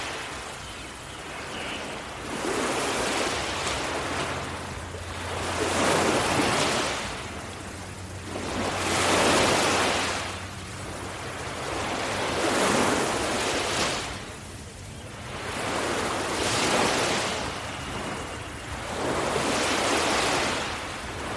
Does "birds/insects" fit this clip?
no